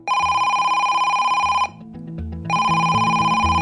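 A mobile phone rings loudly with a bright, buzzy electronic ringtone over a bouncing low melody. It sounds in two long bursts separated by a brief pause, with no voices.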